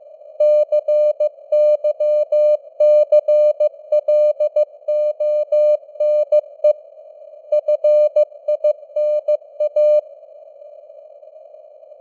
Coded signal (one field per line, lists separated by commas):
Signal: Morse code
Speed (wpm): 15 wpm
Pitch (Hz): 600 Hz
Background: none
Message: CYCLONE FINA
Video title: Morse Code News | 2025-11-22 | 15wpm